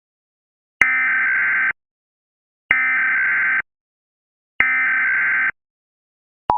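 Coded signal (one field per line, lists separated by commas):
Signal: Emergency Alert System (SAME) tones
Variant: header bursts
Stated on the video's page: Fictional EAS scenario with valid SAME headers, made with software including EAS Encoder.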